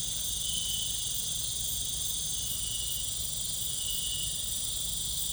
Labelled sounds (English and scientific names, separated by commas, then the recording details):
none
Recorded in pastures near Puerto Asís, Putumayo, Colombia, on 26 December 2024 at 18:30
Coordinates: 0.472, -76.329
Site G072